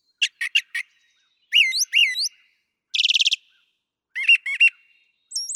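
Brown thrasher song: a few quick clicks, two slurred whistles, a rapid buzzy trill, then doubled chirps and a high note, with clean gaps.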